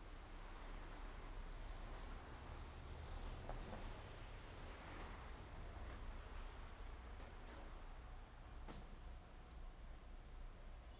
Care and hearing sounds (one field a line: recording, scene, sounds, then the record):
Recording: everyday scene through a hearing-aid microphone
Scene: in traffic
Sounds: traffic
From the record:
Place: main road on the outskirts, rush hour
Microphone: behind the ear, right, rear